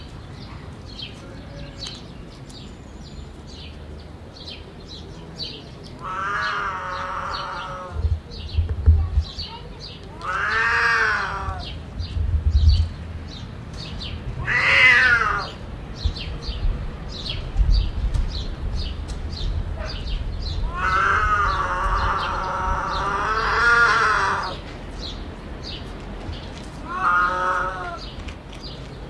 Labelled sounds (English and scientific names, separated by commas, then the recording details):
Puma (Puma concolor) call
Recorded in captivity
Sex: female
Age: adult
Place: Zoo Halle, Sachsen-Anhalt, DE
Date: 1977-05-27 14:20
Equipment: Nagra SN, Kopie Uher 4200
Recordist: Tembrock, Günter